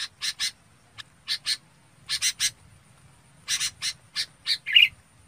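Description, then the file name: Red-whiskered bulbul calling: rasping chip notes in pairs and triplets, ending with a short, bright whistled note. Calling the flock. "Tieng chao mao bong goi bay"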